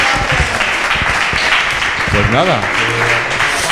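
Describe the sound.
Steady, loud applause from an audience fills the whole stretch, a dense wash of clapping, with a voice calling out over it partway through.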